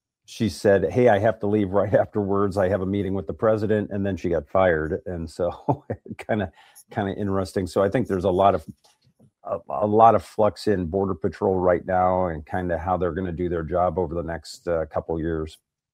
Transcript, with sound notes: she said, "Hey, I have to leave right afterwards. I have a meeting with the president," and then she got fired. And so, (laughs) kinda, kinda interesting. So I think there's a lot of, a, a lot of flux in Border Patrol right now and kinda how they're gonna do their job over the next, uh, couple of years.